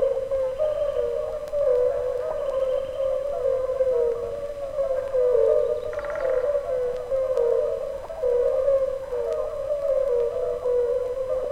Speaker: Рядом, в оставшихся после разлива бочагах, не переставая, укают краснобрюхие лягушки, жерлянки.